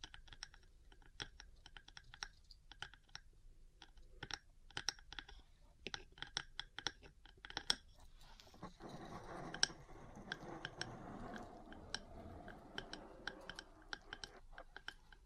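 Metal parts tap in quick, irregular clicks, then from about nine seconds a rougher scratching rises beneath the continuing taps until the end.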